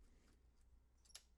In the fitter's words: and it should click into place if it doesn't that means I have oriented the battery incorrectly